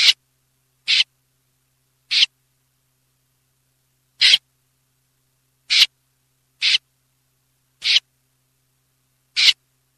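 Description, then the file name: Common snipe uttering rough, sneeze-like rasps, roughly eight notes spaced unevenly, sometimes close together, sometimes two seconds apart, with nothing else audible. Filtered audio. "BECCACCINO"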